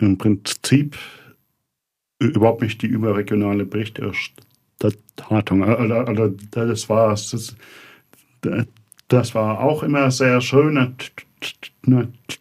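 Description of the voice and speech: A low-pitched adult man who stutters speaks German haltingly, with stretched consonants, a triple 'a-a-a' repetition, a repeated phrase ('das war das, war') and silent pauses of about a second. These blocks, repetitions and prolongations are typical of stuttering, which remains clearly audible in his speech.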